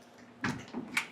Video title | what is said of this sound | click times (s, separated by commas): Best Soft Folding Tonneau Cover for RAM 1500 (Review + Installation) | locks in, nice and tight. That is exactly what you want to see. | 0.4 s, 1.0 s